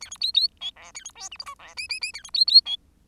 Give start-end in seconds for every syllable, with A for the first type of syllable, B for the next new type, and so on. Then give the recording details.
0.01-0.10 A, 0.11-0.17 B, 0.21-0.32 C, 0.34-0.48 C, 0.60-0.71 D, 0.76-0.92 E, 0.94-1.04 A, 1.04-1.11 B, 1.15-1.29 F, 1.31-1.37 G, 1.39-1.45 H, 1.46-1.55 I, 1.59-1.74 E, 1.77-1.87 J, 1.89-2.00 J, 2.01-2.12 J, 2.13-2.23 A, 2.24-2.30 B, 2.34-2.45 C, 2.47-2.61 C, 2.65-2.76 D. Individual Bird10